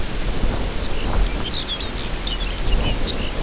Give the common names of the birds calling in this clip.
Lapland Longspur